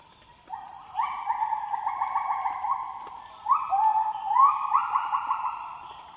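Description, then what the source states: Gibbons calling: two bouts of clear whistled hoots, each note rising slightly and following quickly on the last, over a steady high-pitched drone. Several gibbons calling early in the morning in the Borneo rainforest; recorded with a Sound Devices MixPre 6 II and Sennheiser MKH8040/MKH30 DMS rig, decoded to stereo.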